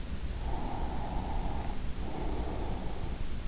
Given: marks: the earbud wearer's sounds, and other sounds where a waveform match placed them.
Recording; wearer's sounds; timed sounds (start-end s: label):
sounds in sleep by an in-ear microphone; breath
0.38-3.27 s: breath